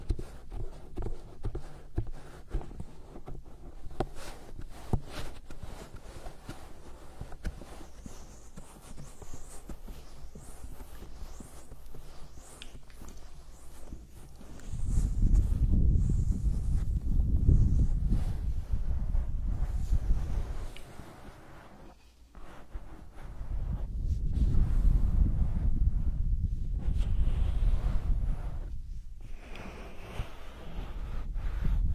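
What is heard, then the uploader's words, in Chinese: A hand massage with soft rubbing and skin friction, broken by two longer, louder stretches of low, muffled rubbing around the middle and near the end. 手部按摩3（声控助眠）。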